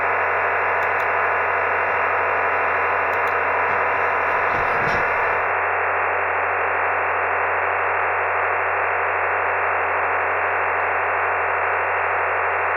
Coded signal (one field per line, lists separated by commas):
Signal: digital SSTV (DRM)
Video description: digital slow scan television picture exchange on the 146.700 MHz Ferny Creek NBFM repeater